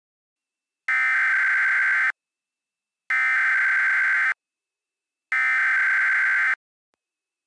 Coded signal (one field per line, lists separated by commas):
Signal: Emergency Alert System (SAME) tones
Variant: header bursts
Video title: The Creature of Wind | EAS Mock #25